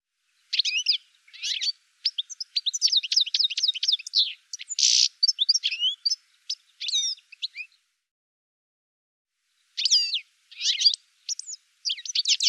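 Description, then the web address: Bird chirping in rapid bursts of short high notes, clustered runs for about seven seconds, a pause, then more chirp bursts near the end. "cianscape birddata Deverinetal 2025 File cleaned normalized Bird"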